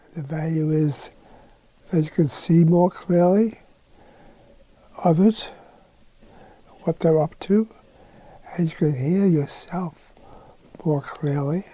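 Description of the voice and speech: A man speaks slowly in short bursts of a few words, with long pauses of up to about a second and a half between phrases. His voice stays fairly clear. The halting, effortful delivery is dysarthria from ALS, which is progressively taking away his voice.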